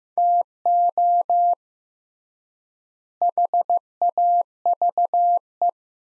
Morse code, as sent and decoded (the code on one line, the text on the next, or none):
- --- / .... .- ...- .
TO HAVE